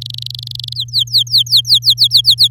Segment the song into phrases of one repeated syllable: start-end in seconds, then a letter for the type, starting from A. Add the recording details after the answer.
0.01-0.73 A, 0.75-2.48 B. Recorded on 10 May 2018 at 05:45. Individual llb16